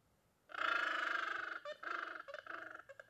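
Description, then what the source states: Gentoo Penguin braying call: a loud, harsh, pulsed honk lasting about a second, then shorter rhythmic bursts of the same throbbing sound. Easily observed on sub-Antarctic islands of the South Atlantic and on the Antarctic Peninsula.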